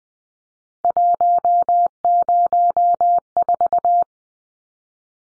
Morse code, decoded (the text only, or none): 104